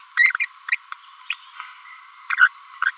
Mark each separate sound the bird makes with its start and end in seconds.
0.17-0.36, 0.40-0.45, 1.30-1.33, 2.30-2.48, 2.83-2.90